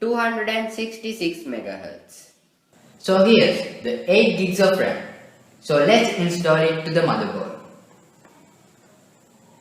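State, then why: Not seated. Someone talks while an 8 GB PNY RAM module rated at 266 MHz is brought to a motherboard memory slot and lined up for insertion. Only a faint knock is heard, around 8.3 s. The module has not yet been pushed home, and nothing has seated or clicked.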